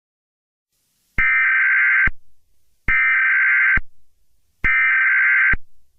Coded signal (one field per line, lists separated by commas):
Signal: Emergency Alert System (SAME) tones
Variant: header bursts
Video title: Eas scenario 3 solar eclipse